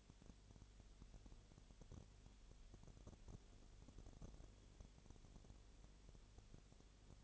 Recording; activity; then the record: daily activity, microphone in the room; no activity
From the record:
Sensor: 4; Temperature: 22.7 degrees Celsius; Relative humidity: 32.0%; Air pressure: 1008.1 hPa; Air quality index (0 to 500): 114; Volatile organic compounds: 2 ppm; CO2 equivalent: 1104 ppm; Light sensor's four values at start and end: 2/3/1/1 and 2/3/1/1